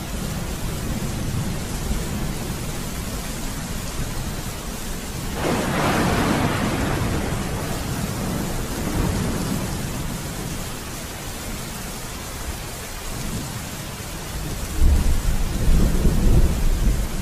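Steady, dense rain hiss, with a rushing swell around six seconds and low rumbling gusts rising near the end, like distant thunder.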